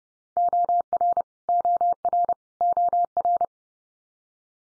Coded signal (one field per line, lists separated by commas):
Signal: Morse code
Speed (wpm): 30 wpm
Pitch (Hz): 700 Hz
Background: none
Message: OR OR OR